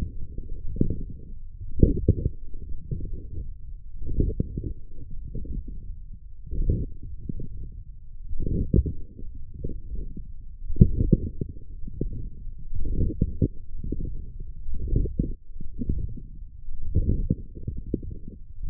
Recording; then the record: forearm muscle sounds (acoustic myography)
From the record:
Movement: forearm pronation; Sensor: system 1, eight BSWA MPA416 microphones around the upper forearm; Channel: 3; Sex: male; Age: 20 years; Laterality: left